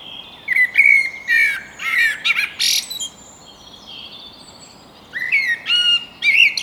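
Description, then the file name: Eurasian blackbird calls, a series of chirping and squawking notes in bursts, with a pause midway. "Turdus merula"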